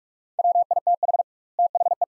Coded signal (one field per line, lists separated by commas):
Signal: Morse code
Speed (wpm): 43 wpm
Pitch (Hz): 700 Hz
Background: none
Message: WITH THE